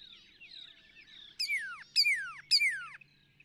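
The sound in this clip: Northern cardinal song: three clear whistled notes dropping steeply in pitch, evenly spaced about half a second apart, over faint twittering and a low hum.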